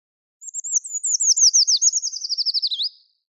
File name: Miškinis Liputis Eurasian Treecreeper - Certhia familiaris